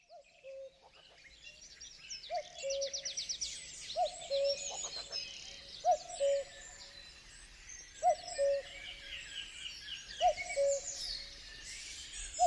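Common cuckoo song: a two-note falling cu-ckoo repeated about every two seconds, with high twittering from other birds above it.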